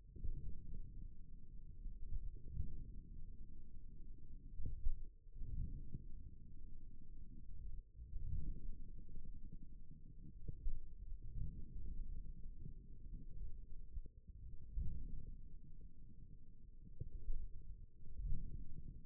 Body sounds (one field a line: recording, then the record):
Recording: forearm muscle sounds (acoustic myography)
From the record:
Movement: forearm supination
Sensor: system 1, eight BSWA MPA416 microphones around the upper forearm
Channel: 1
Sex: male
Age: 41 years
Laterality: right